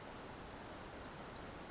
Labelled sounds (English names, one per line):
Western Flycatcher